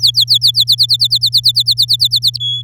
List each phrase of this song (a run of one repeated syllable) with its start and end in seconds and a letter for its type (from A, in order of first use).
0.00-0.64 A, 0.67-2.38 B, 2.40-2.62 C